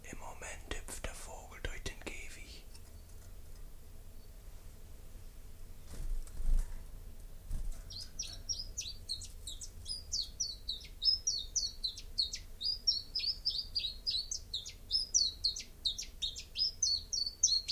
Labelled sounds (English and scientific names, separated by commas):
Common Chiffchaff (Phylloscopus collybita) song